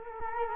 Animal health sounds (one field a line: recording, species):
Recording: mosquito wingbeat signal from an infrared sensor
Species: Culex quinquefasciatus